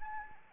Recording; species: mosquito wingbeat signal from an infrared sensor; Anopheles arabiensis